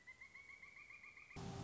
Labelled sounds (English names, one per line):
Pileated Woodpecker